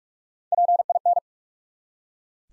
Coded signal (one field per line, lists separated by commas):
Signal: Morse code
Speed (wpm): 44 wpm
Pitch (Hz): 700 Hz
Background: none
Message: PIN